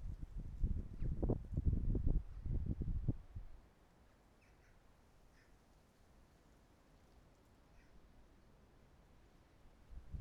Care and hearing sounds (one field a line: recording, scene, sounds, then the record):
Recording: everyday scene through a hearing-aid microphone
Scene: wind on the microphone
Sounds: wind, traffic, birds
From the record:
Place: suburban garden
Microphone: behind the ear, right, front